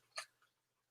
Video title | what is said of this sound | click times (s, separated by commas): Intro to B & W Photography -- Gretchen Shepherd Photography | and you pull out this little tab till it clicks, and it clicks open. | 0.2 s